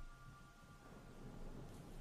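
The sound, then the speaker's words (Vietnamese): A steady, low rumbling wash of storm noise outside, with heavy rain and wind roaring continuously and growing louder, and a deep thunder-like rumble swelling slightly toward the end, no voices present. “Gió mưa ở bên ngoài mỗi lúc một to.”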